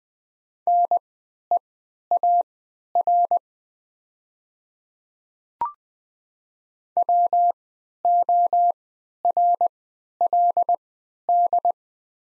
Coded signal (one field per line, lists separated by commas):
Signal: Morse code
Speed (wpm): 20 wpm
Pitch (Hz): 700 Hz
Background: none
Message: NEAR WORLD